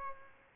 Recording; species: mosquito wingbeat signal from an infrared sensor; Aedes albopictus